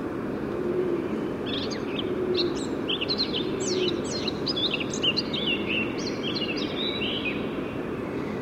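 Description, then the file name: Eurasian blackcap singing a continuous run of quick, varied chirps and warbled notes for several seconds, with a constant low roaring hiss underneath. "Sylvia atricapilla"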